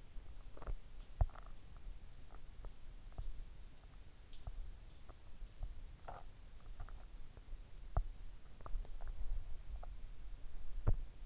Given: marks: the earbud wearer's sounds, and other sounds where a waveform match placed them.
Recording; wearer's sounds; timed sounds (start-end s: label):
sounds in sleep by an in-ear microphone; teeth grinding
0.00-11.26 s: teeth grinding